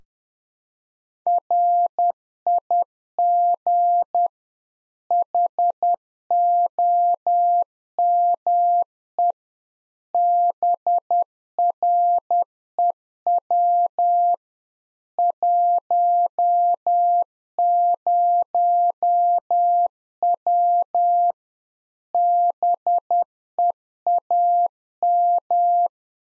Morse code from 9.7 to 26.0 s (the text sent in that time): BREW 10W BEAM